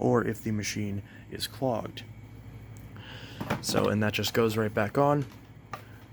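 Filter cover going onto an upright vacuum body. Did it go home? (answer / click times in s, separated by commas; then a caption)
yes / 5.7 s. A plastic filter cover is put back onto a Hoover WindTunnel 3 Pro Pet upright vacuum (UH70935) after the clean-filter indicator is shown. Someone talks, and a sharp click is heard at 5.7 seconds as the cover clicks into place.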